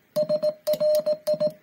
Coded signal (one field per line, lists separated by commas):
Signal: Morse code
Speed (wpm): 18 wpm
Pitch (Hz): 610 Hz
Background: music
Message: SRI